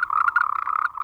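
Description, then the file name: Moltrecht's green treefrog making a short burst of quick, pulsed croaks. "Rhacophorus moltrechti"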